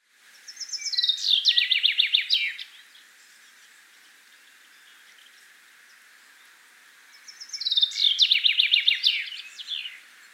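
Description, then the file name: Common chaffinch song given twice, each a rapid falling series of crisp notes ending in a flourish, quiet between the phrases. "Fringilla coelebs"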